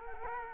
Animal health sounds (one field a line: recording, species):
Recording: mosquito wingbeat signal from an infrared sensor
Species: Culex quinquefasciatus